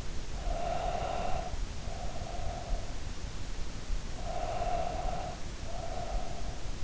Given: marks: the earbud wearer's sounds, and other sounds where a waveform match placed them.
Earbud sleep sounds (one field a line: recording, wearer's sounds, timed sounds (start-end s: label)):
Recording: sounds in sleep by an in-ear microphone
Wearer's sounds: breath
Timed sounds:
0.29-3.24 s: breath
4.11-6.84 s: breath